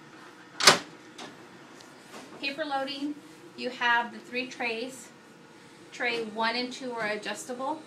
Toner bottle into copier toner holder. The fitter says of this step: it in you'll hear a snap that means it's in position and then lock it back in